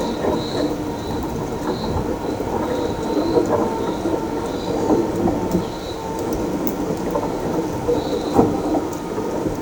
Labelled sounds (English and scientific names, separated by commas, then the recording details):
none
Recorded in shrubland near Pivijay, Magdalena, Colombia, on 14 April 2023 at 15:00
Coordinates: 10.453, -74.365
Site P5-G022